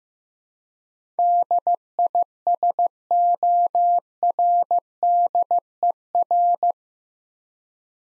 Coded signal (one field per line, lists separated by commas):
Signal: Morse code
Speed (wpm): 16 wpm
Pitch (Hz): 700 Hz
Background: none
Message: DISORDER